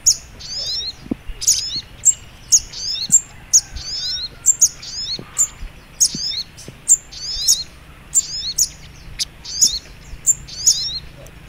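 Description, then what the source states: Little Spiderhunter song of piercing high notes and brief descending twitter phrases, repeated many times, over a faint low hum. Training (masteran) song in the Labaik style.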